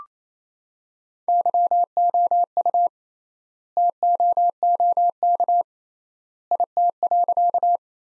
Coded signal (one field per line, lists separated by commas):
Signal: Morse code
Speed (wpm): 28 wpm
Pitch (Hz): 700 Hz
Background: none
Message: YOU TOOK IT.